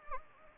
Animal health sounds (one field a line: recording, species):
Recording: mosquito wingbeat signal from an infrared sensor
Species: Anopheles gambiae